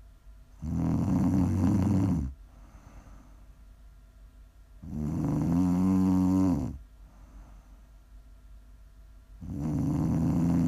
Prime ASMR snoring. You can listen to sleep, to relax, to wind down.